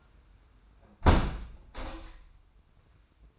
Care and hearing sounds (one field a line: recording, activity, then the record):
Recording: daily activity, microphone in the room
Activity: close window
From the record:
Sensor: 2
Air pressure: 990.2 hPa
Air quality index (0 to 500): 202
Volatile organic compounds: 1000 ppm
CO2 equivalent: 6462 ppm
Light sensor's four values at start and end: 25/58/23/24 and 24/56/23/23